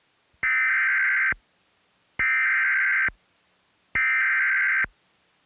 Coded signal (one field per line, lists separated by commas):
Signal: Emergency Alert System (SAME) tones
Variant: header bursts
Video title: EAS Bulletin - Severe Thunderstorm Warning - Comcast